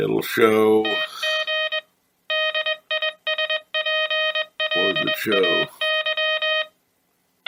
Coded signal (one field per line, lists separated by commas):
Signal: Morse code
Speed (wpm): 21 wpm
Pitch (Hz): 3100 Hz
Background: speech, music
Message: TG DISPLAY